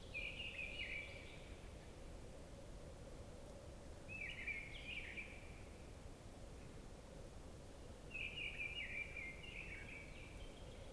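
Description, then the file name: Common chaffinch song: three brisk trilled phrases, each about a second or more long, repeated roughly every four seconds over a constant low hum. "Fringilla coelebs"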